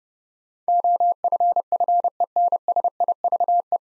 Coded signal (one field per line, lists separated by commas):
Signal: Morse code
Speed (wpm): 32 wpm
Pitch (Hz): 700 Hz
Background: none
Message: OFFENSIVE